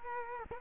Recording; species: mosquito wingbeat signal from an infrared sensor; Culex quinquefasciatus